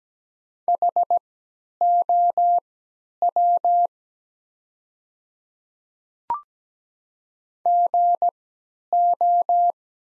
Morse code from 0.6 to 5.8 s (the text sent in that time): HOW